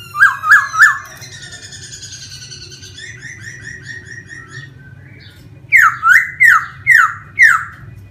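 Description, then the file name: Laughingthrush singing three loud rising whistles, a softer chattering run of notes, then five strong slurred whistles in quick succession, with a faint low hum beneath. Laughingthrush singing in a forest voice (giọng rừng). "Tieng khuou hot giong rung"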